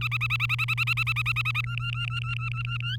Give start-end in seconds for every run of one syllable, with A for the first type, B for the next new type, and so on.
0.01-1.61 A, 1.64-2.96 B